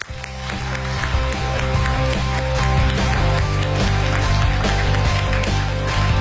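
A studio audience applauds steadily to welcome Professor Chu Yin, the 2017 champion of the speech show 演说家: a dense wash of many hands clapping that holds at an even, loud level for about six seconds, blended with sustained music underneath.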